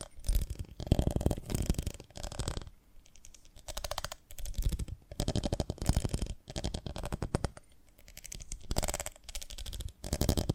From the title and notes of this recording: ASMR of a Honeycomb on Branch (No Talking).